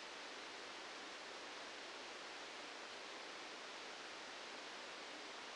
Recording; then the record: brain microelectrode recording played as sound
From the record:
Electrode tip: outside the subthalamic nucleus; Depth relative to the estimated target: -8 mm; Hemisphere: left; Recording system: NeuroSet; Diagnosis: Parkinson's disease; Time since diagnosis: 13 years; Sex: male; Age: 65 years